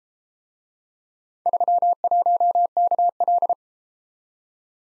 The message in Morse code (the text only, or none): 31KL